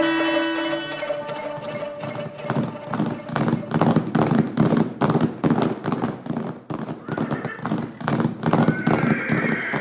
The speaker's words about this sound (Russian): сильный мустанг Джеральда намного обогнал лошадь Колхауна и исчез за холмом.